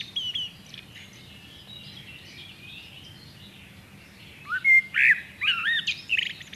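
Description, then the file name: Common blackbird song: faint high twittering at first, then a louder burst of varied whistled and squeaky notes in the second half. "Turdus merula"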